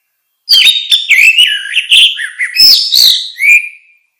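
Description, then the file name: Orange-headed thrush song: one rich phrase of varied whistles and quick chirps, sliding up and down, with clean silence around it. "suara kicau burung anis merah luar biasa"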